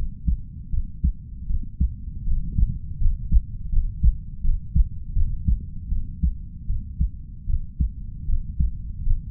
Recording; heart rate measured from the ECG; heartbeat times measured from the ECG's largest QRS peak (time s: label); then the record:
heart sounds by stethoscope; 79 bpm
0.70 s: heartbeat
1.46 s: heartbeat
2.24 s: heartbeat
2.98 s: heartbeat
3.69 s: heartbeat
4.41 s: heartbeat
5.13 s: heartbeat
5.89 s: heartbeat
6.66 s: heartbeat
7.46 s: heartbeat
8.26 s: heartbeat
9.03 s: heartbeat
From the record:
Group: healthy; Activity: cold pressor test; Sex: female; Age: 32 years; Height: 168 cm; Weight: 61.9 kg